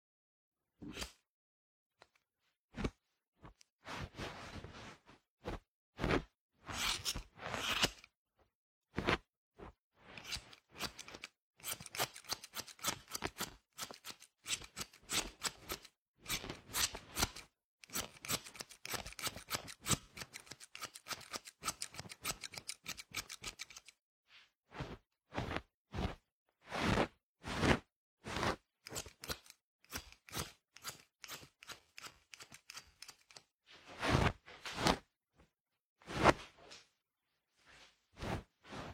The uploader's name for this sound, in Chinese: 剪发